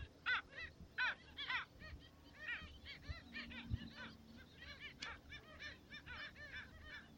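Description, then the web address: Black skimmer calls: clusters of short, nasal yapping notes, loud at first and then softer and continuous, with low rumbling background noise and a few thumps. "Black skimmer. صدای-پرنده-آب-شکاف-سیاه"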